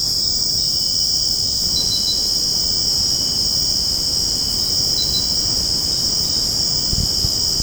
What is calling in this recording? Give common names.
none